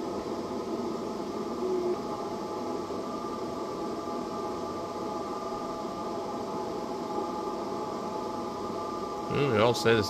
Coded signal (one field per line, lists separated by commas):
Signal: FT8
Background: speech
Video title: lots of fake ft8 stations on ham radio